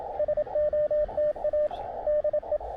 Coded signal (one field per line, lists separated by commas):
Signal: Morse code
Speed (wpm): 27 wpm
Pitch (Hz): 600 Hz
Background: radio noise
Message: SOTA DE